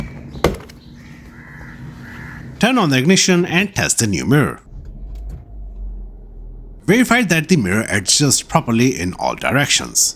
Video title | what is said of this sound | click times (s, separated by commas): How to replace side mirror assembly on Kia Sportage | Finally, align the triangular sail panel with the mounting holes on the door and press it in firmly until it snaps into place. | 0.4 s